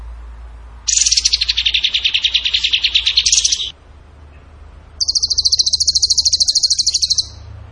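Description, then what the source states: Bird sings a long, lower buzzy trill, then after a pause a steady, higher rapid trill lasting about two seconds. Masteran (training) recording in the tembakan gacor singing style.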